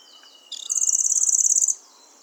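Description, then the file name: Lanceolated warbler song: a single burst of very high, dry, rapid insect-like reeling lasting just over a second, starting abruptly and cutting off cleanly. "Golosa ptic - Pyatnistyj sverchok Locustella lanceolata"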